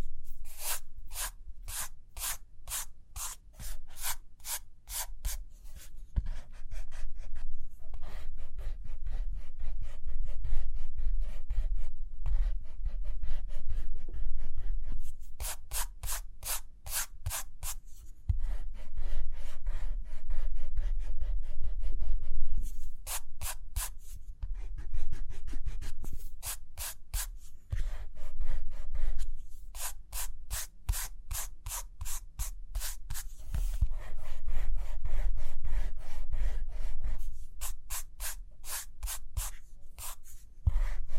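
Pencil drawing and writing: bursts of quick, bright scratching strokes come in runs of a few seconds, near the start, around 15, 23, 27, 30 and 38 seconds. Between them, softer rubbing and shuffling continue over a steady low rumble.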